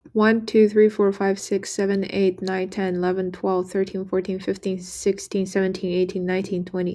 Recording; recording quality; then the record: counting at a fast pace; excellent, no background noise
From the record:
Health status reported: healthy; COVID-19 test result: negative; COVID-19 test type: RT-PCR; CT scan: not taken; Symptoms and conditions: none ticked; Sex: female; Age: 22 years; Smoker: no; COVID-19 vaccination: both doses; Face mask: not worn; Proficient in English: yes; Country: United States